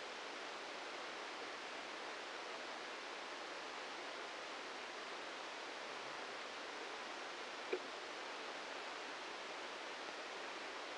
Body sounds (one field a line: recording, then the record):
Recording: brain microelectrode recording played as sound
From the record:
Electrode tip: outside the subthalamic nucleus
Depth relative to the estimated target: 1 mm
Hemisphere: right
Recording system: NeuroSet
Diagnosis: Parkinson's disease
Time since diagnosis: 13 years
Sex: male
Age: 65 years